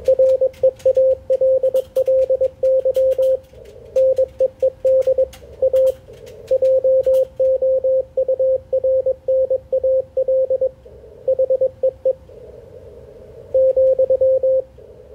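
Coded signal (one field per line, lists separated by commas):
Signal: Morse code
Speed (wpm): 21 wpm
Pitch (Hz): 530 Hz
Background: radio noise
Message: REALLY NEED A JOURNAL HEE ,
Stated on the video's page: HF Morse code ragchew between oldtimers on a Sunday morning.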